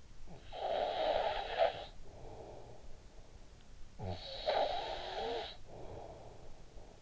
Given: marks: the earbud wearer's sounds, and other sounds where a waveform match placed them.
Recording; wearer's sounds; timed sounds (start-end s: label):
sounds in sleep by an in-ear microphone; snoring breath
0.25-3.13 s: snoring breath
3.73-7.02 s: snoring breath